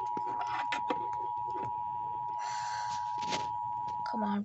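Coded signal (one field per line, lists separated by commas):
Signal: Emergency Alert System (SAME) tones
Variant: 853 and 960 Hz attention tone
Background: speech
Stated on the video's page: Tornado watch alert.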